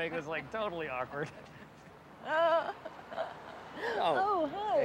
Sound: soundbite of laughter

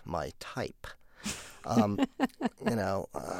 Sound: soundbite of laughter

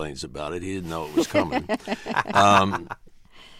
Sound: laughter

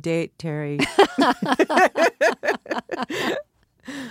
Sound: soundbite of laughter

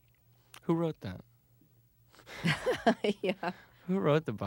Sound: laughs

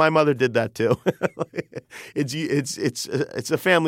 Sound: laughter

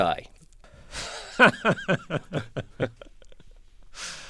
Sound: soundbite of laughter

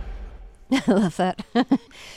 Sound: soundbite of laughter

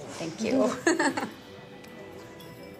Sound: laughter

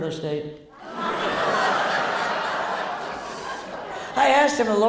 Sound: laughter

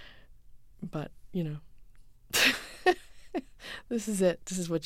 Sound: laughter

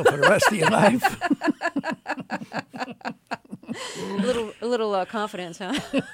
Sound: soundbite of laughter

